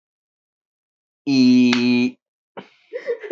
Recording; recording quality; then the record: sustained vowel as in beet; excellent, no background noise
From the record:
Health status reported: healthy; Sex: male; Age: 27 years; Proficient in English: yes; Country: India